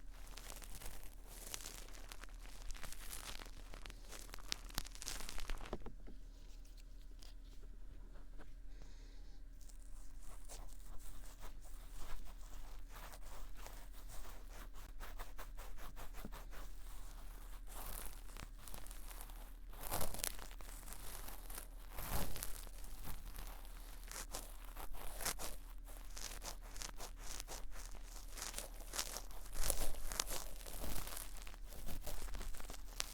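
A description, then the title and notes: Dense scratching and crinkling rubs, likely from brushes, Q-tips or felt pads, run almost without pause. Around six to ten seconds the texture thins to a softer, muffled rubbing before busy crackly strokes return, with sharper taps near twenty and thirty seconds. A steady low hum persists underneath. Deep & Intense Ear Triggers Q-tips, felt ghosts, brushes & plastic coasters.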